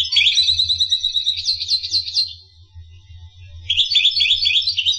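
Finch song: a high twittering phrase of rapid trills and chips lasting about two seconds, a pause, then a second similar burst, over a faint low hum.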